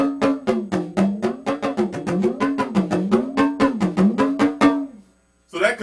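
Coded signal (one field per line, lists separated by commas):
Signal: talking drum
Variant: African talking drum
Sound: quick run of about 25 drum strokes whose pitch bends up and down, then stops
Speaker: the way this drum is played you put it under your arm you squeeze and you play it [Music] so that could have been hey go get me some bread go get the milk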